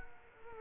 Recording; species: mosquito wingbeat signal from an infrared sensor; Culex quinquefasciatus